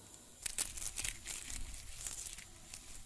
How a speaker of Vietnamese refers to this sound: Lại một âm thanh sột soạt phát ra khiến hắn giật nảy mình.